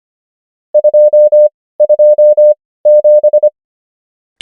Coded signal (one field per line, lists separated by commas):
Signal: Morse code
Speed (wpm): 25 wpm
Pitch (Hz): 600 Hz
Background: none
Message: 227